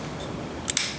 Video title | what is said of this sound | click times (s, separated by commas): Video Spirometri | pada alat Sampai bunyi klik sampai | 0.7 s, 0.8 s